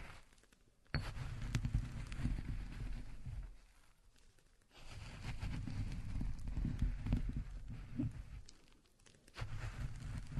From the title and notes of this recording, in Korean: 호두를 직접 갈아보겠습니다. 손으로 직접 갈아먹는 호두.